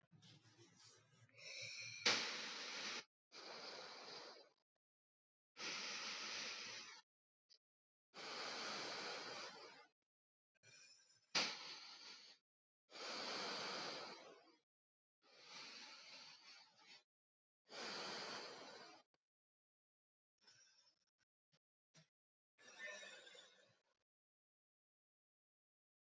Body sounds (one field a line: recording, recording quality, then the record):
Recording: deep breathing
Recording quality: excellent, no background noise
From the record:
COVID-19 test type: RT-PCR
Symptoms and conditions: cough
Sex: male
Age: 31 years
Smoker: no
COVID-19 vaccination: both doses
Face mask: not worn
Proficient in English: yes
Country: India